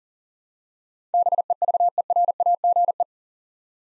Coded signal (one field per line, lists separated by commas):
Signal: Morse code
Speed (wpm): 39 wpm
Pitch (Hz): 700 Hz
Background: none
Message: BEVERAGE